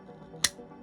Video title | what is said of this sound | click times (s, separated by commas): Hot Wheels Star Wars Starships Select #8 Imperial Shuttle Review | Soon as you hear that snap, you're good to go. | 0.5 s